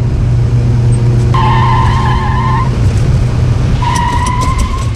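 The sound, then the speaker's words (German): A car engine roars steadily while tires let out two long, high-pitched squeals as the vehicle, driven far too fast, skids hard through a bend on a winding road down to the coast. “Achtung, Kurve! Bist du wahnsinnig? Du fährst viel zu schnell.”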